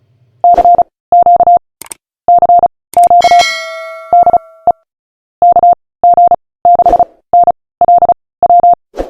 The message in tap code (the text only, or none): none